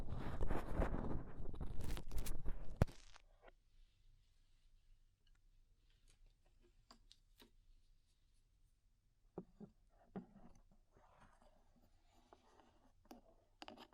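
Ear cleaning sounds: the first three seconds are a loud, dense rustle and scrape that stops abruptly. After a near-silent stretch with a low hum and faint scattered ticks, soft crinkly scratches and clicks return around ten seconds, with a final sharp tap near the end.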